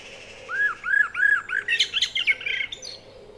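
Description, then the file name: Common blackbird song: three low, arched fluty notes followed by a brief burst of high, squeaky twittering, with a faint low hum underneath. "Turdus merula"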